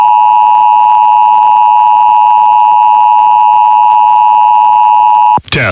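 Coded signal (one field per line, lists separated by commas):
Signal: Emergency Alert System (SAME) tones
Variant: 853 and 960 Hz attention tone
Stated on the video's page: Pennsylvania required monthly tests recorded off several FM radio stations and translators.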